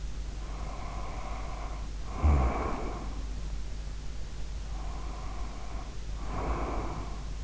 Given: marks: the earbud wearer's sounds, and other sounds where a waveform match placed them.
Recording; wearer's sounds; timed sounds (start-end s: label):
sounds in sleep by an in-ear microphone; snoring breath, breath
0.33-3.50 s: snoring breath
4.73-7.44 s: breath